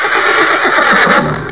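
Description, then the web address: Horse whinnying: a loud, wavering neigh that trembles throughout and fades slightly at the end, with no other clear sounds. "Talking. E Mail. HORSE"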